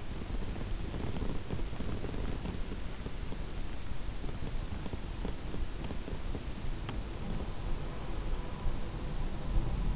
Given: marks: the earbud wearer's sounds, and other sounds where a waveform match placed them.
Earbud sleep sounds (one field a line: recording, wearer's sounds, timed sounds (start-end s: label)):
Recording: sounds in sleep by an in-ear microphone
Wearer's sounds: body movement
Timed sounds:
0.00-7.12 s: body movement